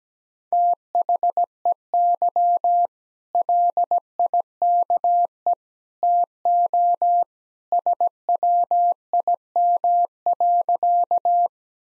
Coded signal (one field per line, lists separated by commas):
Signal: Morse code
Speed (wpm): 17 wpm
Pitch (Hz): 700 Hz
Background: none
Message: THEY LIKE TO SWIM.